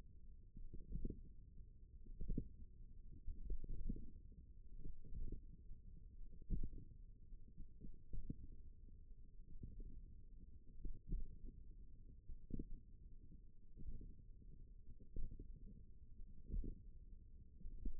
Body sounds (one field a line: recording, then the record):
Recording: forearm muscle sounds (acoustic myography)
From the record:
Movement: tripod grip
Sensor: system 1, eight BSWA MPA416 microphones around the upper forearm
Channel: 4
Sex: female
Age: 21 years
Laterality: right